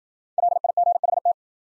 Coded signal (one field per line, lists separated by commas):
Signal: Morse code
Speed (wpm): 53 wpm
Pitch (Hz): 700 Hz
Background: none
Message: LIGHT